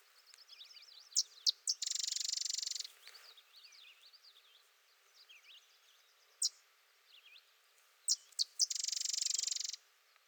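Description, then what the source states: Sedge wren song, two or three sharp chips before a dense dry chatter, sung twice, with a busy background of thin twittering bird notes. Singing close by.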